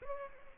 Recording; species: mosquito wingbeat signal from an infrared sensor; Aedes aegypti